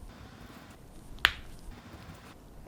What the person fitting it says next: we had a nice satisfying click on one side but not so much on the other